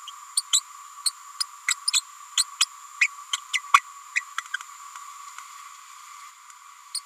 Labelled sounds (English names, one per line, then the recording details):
Green-rumped Parrotlet babbling
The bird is a female
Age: 30 days
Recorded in a nest box in Venezuela
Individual 17B102A6